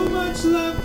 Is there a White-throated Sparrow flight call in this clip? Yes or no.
no